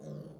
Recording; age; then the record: pig call; piglet (1 to 25 days)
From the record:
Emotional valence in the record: negative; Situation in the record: short isolation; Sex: female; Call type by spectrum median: low-frequency call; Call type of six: low-frequency stable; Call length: 0.40 s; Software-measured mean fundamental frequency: 68 Hz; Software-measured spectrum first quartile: 163 Hz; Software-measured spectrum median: 270 Hz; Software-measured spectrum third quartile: 537 Hz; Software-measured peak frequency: 166 Hz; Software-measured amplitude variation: 151 dB a second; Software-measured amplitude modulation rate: 30.0 a second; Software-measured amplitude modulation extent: 5.0 dB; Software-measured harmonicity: 2.1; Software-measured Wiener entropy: 0.20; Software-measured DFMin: 1107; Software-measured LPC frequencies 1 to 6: 474, 3478, 4510, 6085, 8020, 9522 Hz